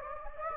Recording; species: mosquito wingbeat signal from an infrared sensor; Anopheles gambiae